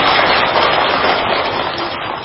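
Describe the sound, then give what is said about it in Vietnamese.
An audience claps steadily for a couple of seconds, a dense and loud wash of overlapping hand claps with no voices, fading only slightly toward the end, applauding to encourage during a Buddhist dharma talk. “Rồi rồi, có cho chàng pháo tay khích lệ tinh thần.”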